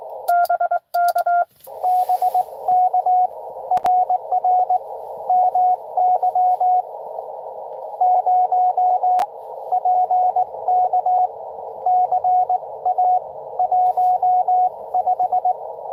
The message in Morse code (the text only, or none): BK BK RR MY 0 PK CA 15